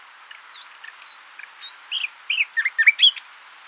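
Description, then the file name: Common nightingale song: soft high whistled notes spaced apart, building into louder twisting, gurgling phrases at the end. "Luscinia megarhynchos"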